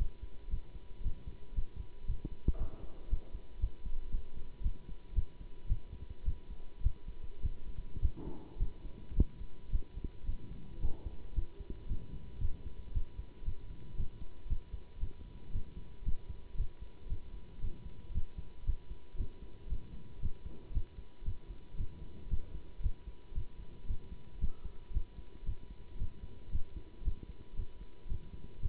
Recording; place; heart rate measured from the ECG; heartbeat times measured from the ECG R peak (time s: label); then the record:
heart sounds by stethoscope; between the tricuspid and mitral areas; 113 bpm
0.49 s: heartbeat
1.02 s: heartbeat
1.54 s: heartbeat
2.06 s: heartbeat
2.57 s: heartbeat
3.08 s: heartbeat
3.59 s: heartbeat
4.11 s: heartbeat
4.62 s: heartbeat
5.14 s: heartbeat
5.68 s: heartbeat
6.24 s: heartbeat
6.82 s: heartbeat
7.41 s: heartbeat
8.00 s: heartbeat
8.58 s: heartbeat
9.14 s: heartbeat
9.70 s: heartbeat
10.25 s: heartbeat
10.80 s: heartbeat
11.34 s: heartbeat
11.87 s: heartbeat
12.40 s: heartbeat
12.92 s: heartbeat
13.44 s: heartbeat
13.95 s: heartbeat
14.47 s: heartbeat
14.99 s: heartbeat
15.51 s: heartbeat
16.03 s: heartbeat
16.56 s: heartbeat
17.08 s: heartbeat
17.60 s: heartbeat
18.12 s: heartbeat
18.64 s: heartbeat
19.16 s: heartbeat
19.68 s: heartbeat
20.20 s: heartbeat
20.72 s: heartbeat
21.24 s: heartbeat
21.76 s: heartbeat
22.28 s: heartbeat
22.81 s: heartbeat
23.33 s: heartbeat
23.86 s: heartbeat
24.39 s: heartbeat
24.92 s: heartbeat
25.44 s: heartbeat
25.97 s: heartbeat
26.50 s: heartbeat
27.03 s: heartbeat
27.55 s: heartbeat
28.07 s: heartbeat
28.60 s: heartbeat
From the record:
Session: Bruce protocol treadmill stress test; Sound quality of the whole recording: good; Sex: male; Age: 24 years